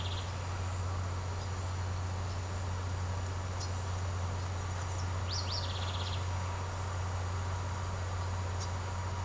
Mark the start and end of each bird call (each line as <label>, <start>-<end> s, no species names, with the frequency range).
bird call (2.0-6.3 kHz), 5.22-6.27 s